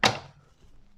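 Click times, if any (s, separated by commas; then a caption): 0.0 s. The rip fence lock lever on a DeWalt DW745 jobsite table saw is pushed down to clamp the metal fence in position, giving one sharp, bright click at 0.0 s that rings briefly and fades within about a third of a second. The fence locks in solid.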